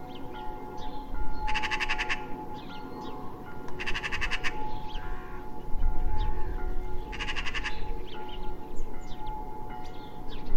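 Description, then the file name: Eurasian magpie rattling three times, each burst a quick run of harsh clacks, over a steady hum and low rumble with soft calls of other birds. "Pica pica"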